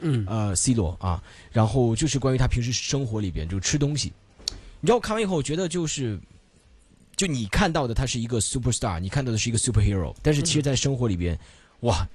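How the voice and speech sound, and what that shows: A man speaks fluent, conversational Mandarin in a clear, steady, mid-pitched voice with ordinary pauses.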